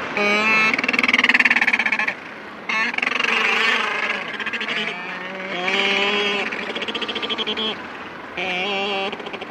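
Macaroni penguin braying: repeated harsh, buzzing, pulsed bouts of one to two seconds, coming one after another with short gaps, some sliding slightly in pitch.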